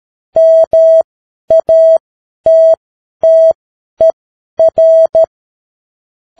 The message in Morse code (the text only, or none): MATTER